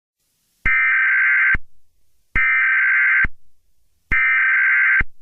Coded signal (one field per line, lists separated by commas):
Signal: Emergency Alert System (SAME) tones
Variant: header bursts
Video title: EAS Scenario 11: Monsters Inc.